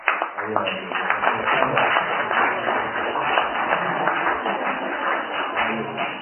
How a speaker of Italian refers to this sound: In tutto il mondo. E tutto il mondo, sì, un applauso.